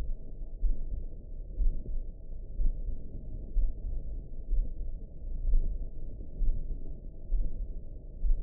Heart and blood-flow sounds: heart sounds by optical stethoscope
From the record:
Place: mitral valve (MV)

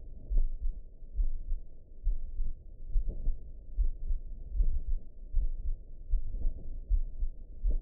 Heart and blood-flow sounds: heart sounds by optical stethoscope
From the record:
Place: aortic valve (AV)

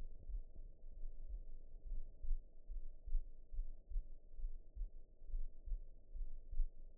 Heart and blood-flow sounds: heart sounds by optical stethoscope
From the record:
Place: mitral valve (MV)

